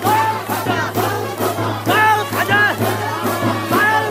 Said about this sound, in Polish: Kilkadziesiąt osób zgromadziło się w otwartym domu, tańcząc i śpiewając.